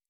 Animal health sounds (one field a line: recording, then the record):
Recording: hydrophone in a shrimp aquaculture tank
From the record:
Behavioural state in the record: normal